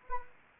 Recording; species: mosquito wingbeat signal from an infrared sensor; Anopheles gambiae